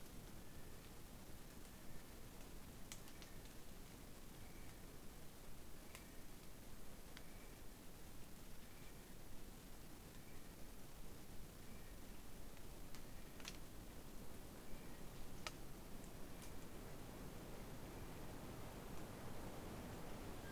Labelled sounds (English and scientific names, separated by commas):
North Island Brown Kiwi (Apteryx mantelli) male call